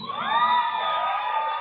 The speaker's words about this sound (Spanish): Este equipo se merece un aplauso enorme, por favor.